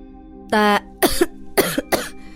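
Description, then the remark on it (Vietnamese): A young man dressed in black coughs dryly as he crawls out from under earth and rocks: three harsh, raspy bursts in quick succession, each cut off sharply, after a brief strained voiced grunt from the throat. “Đột nhiên lúc này, dưới lớp đất đá, một thanh niên mặc đồ đen theo đó bò ra, ho khan vài tiếng.”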